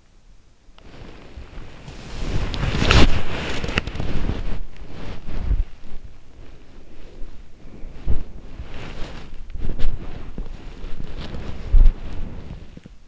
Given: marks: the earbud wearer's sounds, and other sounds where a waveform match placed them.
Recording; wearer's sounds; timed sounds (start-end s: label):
sounds in sleep by an in-ear microphone; body movement
0.58-13.08 s: body movement